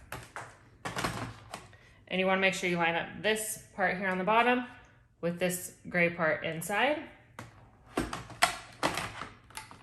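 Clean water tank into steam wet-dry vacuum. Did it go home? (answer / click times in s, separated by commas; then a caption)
no / none. The refilled plastic clean-water tank of a Tineco S5 Steam wet-dry vacuum is lined up at its bottom with the gray part inside and pushed back into the vacuum while someone talks. Short plastic knocks and taps of handling are heard, but nothing has seated or clicked closed yet.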